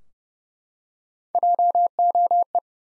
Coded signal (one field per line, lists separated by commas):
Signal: Morse code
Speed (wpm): 28 wpm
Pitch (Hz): 700 Hz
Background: none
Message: JOE